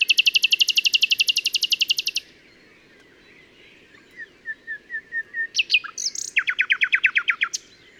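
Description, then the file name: Common nightingale song: a long fast trill of high repeated notes, a pause, a series of soft whistles growing louder, then another rapid burst of notes. "Luscinia megarhynchos"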